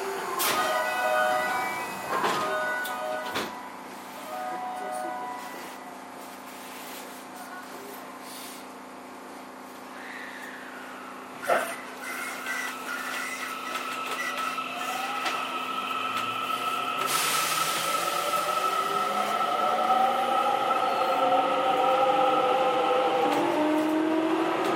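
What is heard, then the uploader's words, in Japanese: A JR 207 series train hums along, with sharp clicks around 3 and 11 seconds, then a rising motor whine as it accelerates. JR207系 京橋〜宝塚。JR東西線、宝塚線の区間で録音しました。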